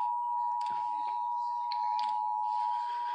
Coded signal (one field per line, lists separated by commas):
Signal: Emergency Alert System (SAME) tones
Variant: 853 and 960 Hz attention tone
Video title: Los Angeles Required Monthly Tests (EAS #321-332) 7/31/18